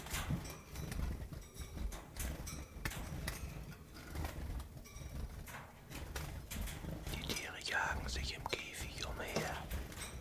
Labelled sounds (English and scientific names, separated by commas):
Common Chiffchaff (Phylloscopus collybita)